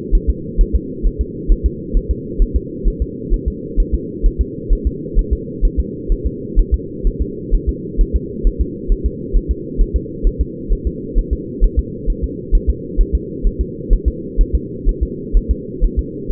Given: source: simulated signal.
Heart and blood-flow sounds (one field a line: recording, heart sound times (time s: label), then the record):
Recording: fetal heart sounds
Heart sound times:
0.15 s: S1
0.30 s: S2
0.61 s: S1
0.75 s: S2
1.07 s: S1
1.21 s: S2
1.52 s: S1
1.66 s: S2
1.97 s: S1
2.11 s: S2
2.42 s: S1
2.56 s: S2
2.88 s: S1
3.02 s: S2
3.34 s: S1
3.48 s: S2
3.80 s: S1
3.95 s: S2
4.26 s: S1
4.41 s: S2
4.73 s: S1
4.87 s: S2
5.19 s: S1
5.33 s: S2
5.65 s: S1
5.80 s: S2
6.12 s: S1
6.27 s: S2
6.59 s: S1
6.74 s: S2
7.07 s: S1
7.22 s: S2
7.55 s: S1
7.69 s: S2
8.01 s: S1
8.16 s: S2
8.47 s: S1
8.61 s: S2
8.92 s: S1
9.06 s: S2
9.37 s: S1
9.51 s: S2
9.81 s: S1
9.96 s: S2
10.27 s: S1
10.41 s: S2
10.73 s: S1
10.87 s: S2
11.19 s: S1
11.33 s: S2
11.64 s: S1
11.79 s: S2
12.10 s: S1
12.24 s: S2
12.55 s: S1
12.70 s: S2
13.01 s: S1
13.15 s: S2
13.47 s: S1
13.61 s: S2
13.93 s: S1
14.08 s: S2
14.41 s: S1
14.55 s: S2
14.89 s: S1
15.03 s: S2
15.37 s: S1
15.51 s: S2
15.84 s: S1
15.99 s: S2
16.32 s: S1
From the record:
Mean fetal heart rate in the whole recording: 130 bpm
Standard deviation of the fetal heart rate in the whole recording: 2 bpm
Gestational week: 38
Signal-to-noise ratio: -4.1 dB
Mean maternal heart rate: no maternal heart sound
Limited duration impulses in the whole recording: absent